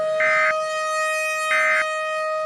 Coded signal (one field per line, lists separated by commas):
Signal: Emergency Alert System (SAME) tones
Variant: end-of-message bursts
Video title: *VALID TONES* Hurricane of Snow (EAS Scenario)